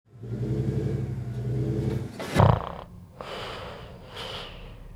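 An adult's snore: a deep, rattling low-pitched buzz lasts about two seconds, then a brief sharp burst and softer breathy noise follow, typical of a single snore on inhalation.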